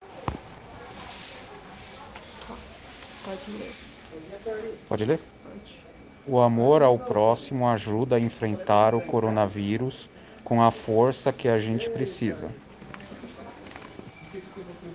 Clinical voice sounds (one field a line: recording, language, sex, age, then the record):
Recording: spoken sentence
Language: Brazilian Portuguese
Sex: male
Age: 30 to 39 years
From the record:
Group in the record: respiratory insufficiency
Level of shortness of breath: 5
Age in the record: 38 years